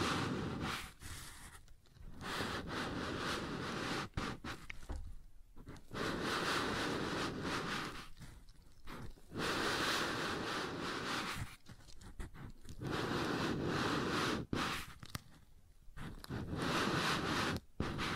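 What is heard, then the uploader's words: Something rubs and scrapes across a wooden surface in long, dense strokes, each lasting a second or two. Short silent gaps break the strokes at irregular points, around 2, 5, 9, 13 and 15 seconds, and each pass is rough and gritty. ASMR Sounds on Wooden Surface (No Talking).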